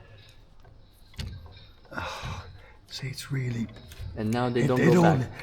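Someone works the loading mechanism of an old matchlock-style firearm at a castle display, and a sharp click at 1.2 s marks it seating into register to load. Someone talks over and after the click. The mechanism is stiff and needs WD40.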